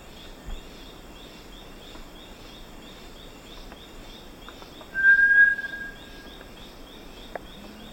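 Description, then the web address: Bartlett's tinamou giving one short, clear whistled note amid a hissy background of pulsing insects and faint clicks. Recorded in the eastern lowlands of South America. "Natures Songs S America Eastern Lowlands. Bartlett's Tinamou"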